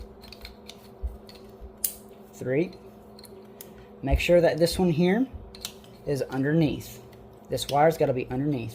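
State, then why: Seated. A wiring harness connector is pushed onto the third ignition coil pack of a Pontiac Solstice, with light handling taps before it latches with a sharp, loud click at 1.8 s, seating the connector. Someone then talks about keeping the connector underneath a wire.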